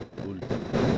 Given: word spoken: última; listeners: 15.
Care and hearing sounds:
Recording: one Spanish word in noise, from a listening test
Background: noise modulated by one talker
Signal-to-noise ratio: -8.4 dB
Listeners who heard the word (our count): 0 of 15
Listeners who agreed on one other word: 7 of 15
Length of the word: 0.58 s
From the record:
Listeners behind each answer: 7, 3, 2, 1, 1, 1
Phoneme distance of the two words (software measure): 31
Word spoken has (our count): 3 syllables, 6 phonemes, stress on syllable 1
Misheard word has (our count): 2 syllables, 5 phonemes, stress on syllable 1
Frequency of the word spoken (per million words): 198.40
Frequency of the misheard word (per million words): 23.67

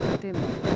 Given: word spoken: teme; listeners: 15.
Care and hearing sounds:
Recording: one Spanish word in noise, from a listening test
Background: noise modulated by three-talker babble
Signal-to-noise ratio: -5.1 dB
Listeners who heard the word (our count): 0 of 15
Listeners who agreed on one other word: 9 of 15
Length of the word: 0.36 s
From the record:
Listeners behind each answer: 9, 4, 1, 1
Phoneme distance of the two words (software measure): 10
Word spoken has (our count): 2 syllables, 4 phonemes, stress on syllable 1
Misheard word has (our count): 2 syllables, 4 phonemes, stress on syllable 1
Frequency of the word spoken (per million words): 12.18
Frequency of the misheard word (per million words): 199.25

